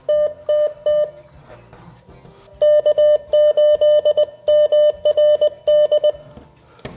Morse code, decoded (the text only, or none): TTT K8MRD